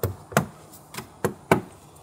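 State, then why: Seated. A plastic/carbon engine cover is pressed down onto its mounting studs in the engine bay of an MK8 Golf R after a new APR intake is installed. It snaps into place with sharp knocks at about 0.0, 0.4, 1.3 and 1.5 seconds, with quieter taps between them. The cover is seated.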